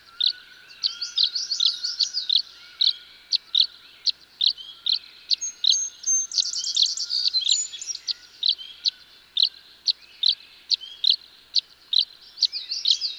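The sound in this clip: Tree swallow chirps repeated in a long, fairly regular series with occasional gurgled twitters.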